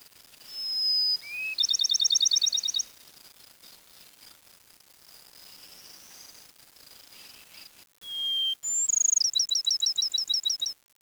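Bird song: two phrases, each of clear whistled notes followed by a fast run of repeated sharp, bright notes, with a quiet pause between phrases.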